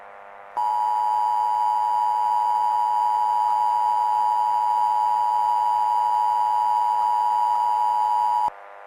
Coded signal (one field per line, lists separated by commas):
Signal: Emergency Alert System (SAME) tones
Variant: 853 and 960 Hz attention tone